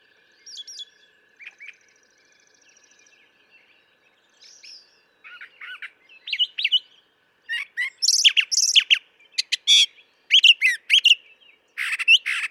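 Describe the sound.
Brown thrasher song beginning softly with scattered notes, then building into loud, rapid, harsh and whistled phrases, many repeated twice.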